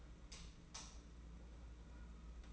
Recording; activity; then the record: daily activity, microphone in the room; light off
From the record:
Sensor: 1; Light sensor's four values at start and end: 20/61/25/25 and 10/22/9/10